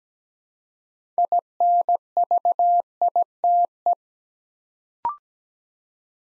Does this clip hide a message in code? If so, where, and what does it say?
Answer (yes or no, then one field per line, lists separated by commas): yes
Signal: Morse code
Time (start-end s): 1.2-3.9 s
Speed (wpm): 17 wpm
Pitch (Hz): 700 Hz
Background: none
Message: INVITE